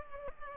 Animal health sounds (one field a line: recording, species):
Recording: mosquito wingbeat signal from an infrared sensor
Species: Culex pipiens